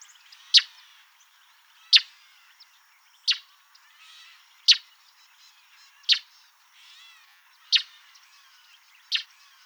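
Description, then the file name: Northern mockingbird song: a sharp, loud note repeated about every one and a half seconds, with faint warbling and rasping phrases filling the gaps. "Northern Mockingbird Mimus polyglottos"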